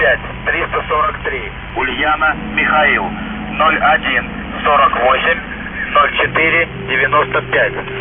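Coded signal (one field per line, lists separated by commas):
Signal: numbers station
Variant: UVB-76, Russian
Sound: a Russian voice reads two phonetic-alphabet names, then groups of numbers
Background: low engine-like hum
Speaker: una voz a veces masculina, a veces femenina, a veces una voz sintetizada que decía un par de palabras en ruso, una serie de números en ruso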